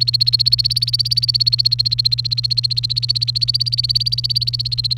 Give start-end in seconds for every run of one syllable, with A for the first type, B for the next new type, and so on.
0.00-4.98 A